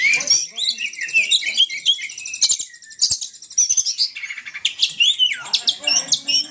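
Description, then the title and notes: Oriental magpie-robin song: a rapid, dense run of high whistles, chattering trills and buzzy rattles, with brief rising and falling slurred notes throughout. Champion bird singing in 'ngobra' style. "Kacer Juara Ngobra Istimewa. Burung Kacer"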